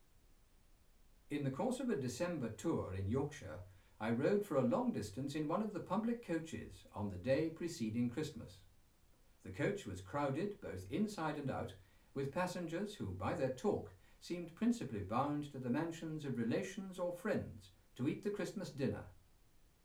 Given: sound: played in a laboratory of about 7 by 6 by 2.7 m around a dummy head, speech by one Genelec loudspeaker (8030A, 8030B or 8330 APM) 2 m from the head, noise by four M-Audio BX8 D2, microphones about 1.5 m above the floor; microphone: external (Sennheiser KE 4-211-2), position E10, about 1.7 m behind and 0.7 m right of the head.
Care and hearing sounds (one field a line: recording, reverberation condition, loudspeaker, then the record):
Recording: male speech in English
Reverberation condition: low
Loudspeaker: 90 degrees to the left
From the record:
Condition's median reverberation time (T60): about 310 ms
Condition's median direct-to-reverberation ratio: about 3.5 dB